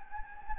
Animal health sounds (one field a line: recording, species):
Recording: mosquito wingbeat signal from an infrared sensor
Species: Anopheles gambiae